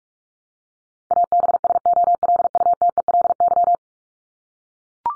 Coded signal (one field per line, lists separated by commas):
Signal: Morse code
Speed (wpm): 44 wpm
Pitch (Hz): 700 Hz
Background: none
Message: ABSOLUTELY